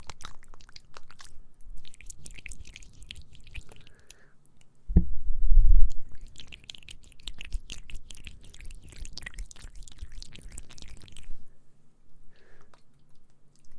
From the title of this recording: ASMR Mouth Sounds Ear Cleaning